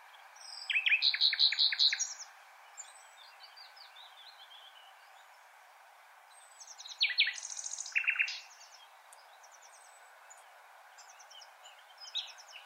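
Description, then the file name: Common nightingale song: two loud bursts, the first a rapid series of repeated notes near the start, the second a varied phrase about seven seconds in, with softer notes between and after. "Luscinia megarhynchos"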